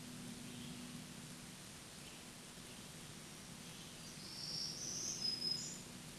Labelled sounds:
Black-throated Green Warbler song
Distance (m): 25 m
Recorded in a Pennsylvania forest on 1 June 2023 at 08:59
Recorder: AudioMoth, point grid3_22_high
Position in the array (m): 228 m, 184 m

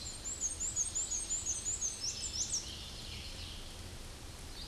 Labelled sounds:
Black-and-white Warbler song
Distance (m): 15 m
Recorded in a Pennsylvania forest on 19 May 2023 at 10:15
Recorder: AudioMoth, point grid1_4_low
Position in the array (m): 63 m, 63 m

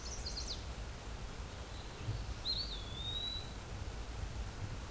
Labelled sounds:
Eastern Wood-Pewee song
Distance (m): 15 m
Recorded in a Pennsylvania forest on 17 May 2023 at 14:15
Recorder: AudioMoth, point grid1_37_low
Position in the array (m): 81 m, 201 m

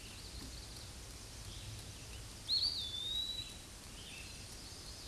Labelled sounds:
Eastern Wood-Pewee song
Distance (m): 15 m
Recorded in a Pennsylvania forest on 18 May 2023 at 07:36
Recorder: AudioMoth, point grid1_15_low
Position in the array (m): 52 m, 174 m

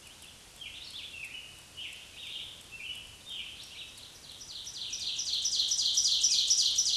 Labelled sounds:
Scarlet Tanager song
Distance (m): 50 m
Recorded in a Pennsylvania forest on 1 June 2023 at 05:55
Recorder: AudioMoth, point grid3_1_low
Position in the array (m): 119 m, -2 m

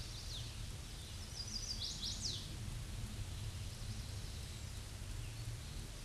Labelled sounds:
Chestnut-sided Warbler song
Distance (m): 25 m
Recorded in a Pennsylvania forest on 18 May 2023 at 07:47
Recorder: AudioMoth, point grid1_40_low
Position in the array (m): 119 m, 208 m

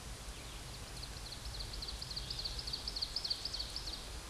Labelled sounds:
Ovenbird song
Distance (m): 75 m
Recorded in a Pennsylvania forest on 17 May 2023 at 12:48
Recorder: AudioMoth, point grid1_17_low
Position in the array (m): 183 m, 74 m

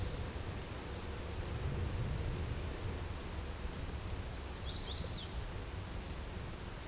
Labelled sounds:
Chestnut-sided Warbler song
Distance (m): 30 m
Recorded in a Pennsylvania forest on 17 May 2023 at 12:02
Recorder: AudioMoth, point grid1_20_low
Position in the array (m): 86 m, 211 m

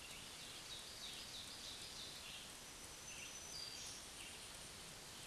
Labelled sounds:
Black-throated Green Warbler song
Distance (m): 35 m
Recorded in a Pennsylvania forest on 1 June 2023 at 07:53
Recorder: AudioMoth, point grid3_38_high
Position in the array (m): 241 m, 133 m

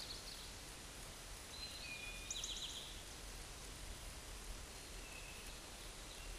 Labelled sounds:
Eastern Towhee song
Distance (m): 35 m
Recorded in a Pennsylvania forest on 17 May 2023 at 13:25
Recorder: AudioMoth, point grid1_13_low
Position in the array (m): 114 m, 105 m

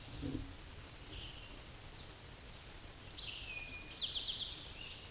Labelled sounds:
Eastern Towhee song
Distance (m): 35 m
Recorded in a Pennsylvania forest on 17 May 2023 at 13:16
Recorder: AudioMoth, point grid1_27_low
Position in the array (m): 120 m, 85 m

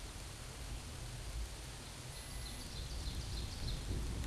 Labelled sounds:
Ovenbird song
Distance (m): 85 m
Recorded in a Pennsylvania forest on 17 May 2023 at 14:04
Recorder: AudioMoth, point grid1_34_low
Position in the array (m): 211 m, 26 m

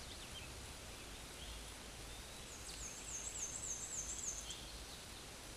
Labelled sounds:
Black-and-white Warbler song
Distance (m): 45 m
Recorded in a Pennsylvania forest on 18 May 2023 at 13:23
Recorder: AudioMoth, point grid1_37_low
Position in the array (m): 46 m, 220 m

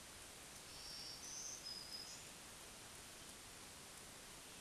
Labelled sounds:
Black-throated Green Warbler song
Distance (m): 20 m
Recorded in a Pennsylvania forest on 1 June 2023 at 07:43
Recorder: AudioMoth, point grid3_22_low
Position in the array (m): 239 m, 196 m

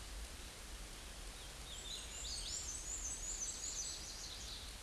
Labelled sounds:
Black-and-white Warbler song
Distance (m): 40 m
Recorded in a Pennsylvania forest on 19 May 2023 at 20:33
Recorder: AudioMoth, point grid1_9_low
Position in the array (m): 40 m, 132 m

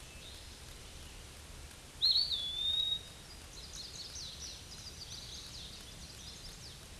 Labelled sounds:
Eastern Wood-Pewee song
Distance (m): 45 m
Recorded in a Pennsylvania forest on 18 May 2023 at 06:46
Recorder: AudioMoth, point grid1_14_low
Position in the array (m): 126 m, 175 m

